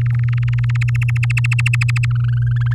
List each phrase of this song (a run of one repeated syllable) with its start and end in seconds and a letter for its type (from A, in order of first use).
0.01-0.77 A, 0.81-2.06 B, 2.11-2.73 C